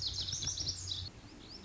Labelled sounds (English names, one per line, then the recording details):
Lazuli Bunting
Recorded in Sonoma County, California